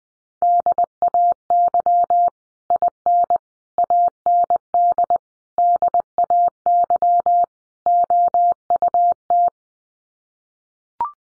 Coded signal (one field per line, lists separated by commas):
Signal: Morse code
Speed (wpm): 20 wpm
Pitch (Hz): 700 Hz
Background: none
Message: DAY IN AND DAY OUT